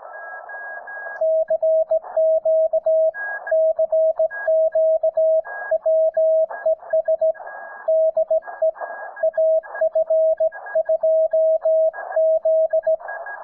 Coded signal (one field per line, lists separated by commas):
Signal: Morse code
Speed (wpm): 17 wpm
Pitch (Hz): 640 Hz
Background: music, radio noise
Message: CQ CQ WES DE AF2Z